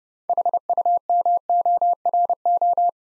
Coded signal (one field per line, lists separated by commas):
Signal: Morse code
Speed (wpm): 30 wpm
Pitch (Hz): 700 Hz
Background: none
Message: HUMORO